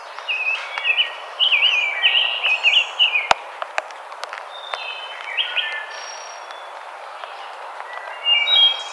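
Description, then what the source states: Rose-breasted grosbeak with a short burst of fluid, rolling warbles early on, followed by sharp clicks and scattered calls from other birds. Recorded 5 May 2007.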